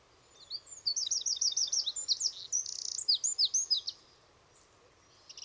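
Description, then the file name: Eurasian wren song: a rapid, high, tumbling run of sharp notes and fast trills lasting about three and a half seconds, with changing pitch, then a brief pause and a faint restart. "Troglodytes troglodytes"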